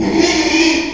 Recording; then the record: squeal of a Yucatan mini pig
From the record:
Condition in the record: after surgery on the right vocal fold (resection and tissue-engineered implant); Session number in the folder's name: 2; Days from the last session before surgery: 13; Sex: male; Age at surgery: 12 weeks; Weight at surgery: 13 kg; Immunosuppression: cyclosporine, prednisolone